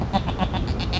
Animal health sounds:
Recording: contact call of a hoofed animal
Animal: goat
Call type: low-frequency (closed-mouth) or high-frequency (open-mouth) call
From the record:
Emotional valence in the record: negative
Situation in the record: short social isolation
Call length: 0.99 s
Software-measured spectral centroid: 2460 Hz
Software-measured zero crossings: 1320 a second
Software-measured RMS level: -24 dBFS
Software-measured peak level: -7 dBFS

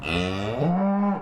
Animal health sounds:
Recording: contact call of a hoofed animal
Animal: cattle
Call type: low-frequency (closed-mouth) or high-frequency (open-mouth) call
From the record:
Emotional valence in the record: negative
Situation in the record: full separation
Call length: 1.23 s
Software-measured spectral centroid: 1610 Hz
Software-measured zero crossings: 1320 a second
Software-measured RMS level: -24 dBFS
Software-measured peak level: -12 dBFS

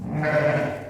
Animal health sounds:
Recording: contact call of a hoofed animal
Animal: sheep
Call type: low-frequency (closed-mouth) or high-frequency (open-mouth) call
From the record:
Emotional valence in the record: negative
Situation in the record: short social isolation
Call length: 0.90 s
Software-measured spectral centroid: 1520 Hz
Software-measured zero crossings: 1340 a second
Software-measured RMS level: -24 dBFS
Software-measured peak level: -10 dBFS

